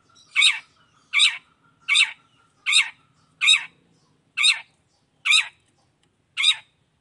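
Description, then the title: Long-tailed shrike calling harsh grating notes, eight in a series roughly every 0.8 seconds, with a faint steady tone in the first half. Chatty (gacor) cendet calling loudly in the morning with the 'toet toet' variation; clear voice, full variation, easy for any cendet to imitate. "Cendet Gacor Dor Di Kala Pagi Toet Toet Variasi Suara"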